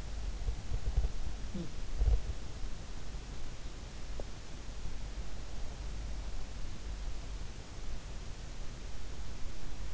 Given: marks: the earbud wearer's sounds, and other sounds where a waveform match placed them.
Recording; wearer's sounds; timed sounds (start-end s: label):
sounds in sleep by an in-ear microphone; body movement, teeth grinding
0.00-2.54 s: body movement
1.20-2.09 s: sound from someone else or the room
4.05-4.50 s: teeth grinding